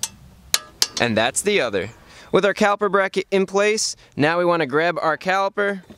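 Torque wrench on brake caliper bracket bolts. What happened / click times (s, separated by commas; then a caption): The torque wrench clicked at its set torque / 0.5 s, 0.8 s. A torque wrench set to the car's spec of 60 kg·m tightens the two brake caliper bracket bolts, one after the other. It gives two sharp clicks at its setting at 0.5 s and 0.8 s, and both bolts reach torque. Someone talks before and after the clicks.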